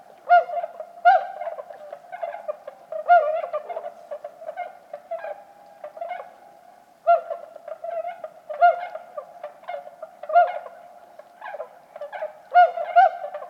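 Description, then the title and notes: Bewick's swans calling, a flock giving soft, mellow honking notes in quick overlapping bursts, with louder clusters every second or two against a quiet background. About forty birds calling softly at a night roost, Lac du Der, Champagne, France, 6 January 2019, after 2 a.m., in fog and light drizzle; sentinels take turns; MKH20 pair and Nagra Seven. "Lac du DER. Cygnes de Bewick (Cygnus bewicki)"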